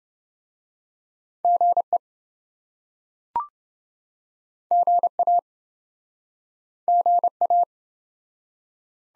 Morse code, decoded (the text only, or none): GE GA GA